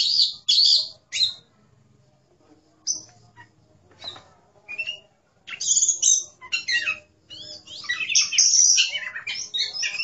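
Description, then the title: Oriental magpie-robin song: loud bursts of high, scratchy notes separated by quiet gaps, then a dense run of varied chirps and twitters in the second half. "Kacer"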